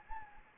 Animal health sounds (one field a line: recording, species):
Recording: mosquito wingbeat signal from an infrared sensor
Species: Anopheles gambiae